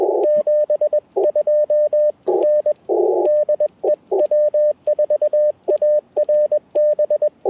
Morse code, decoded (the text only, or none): 72 N DE W4ARB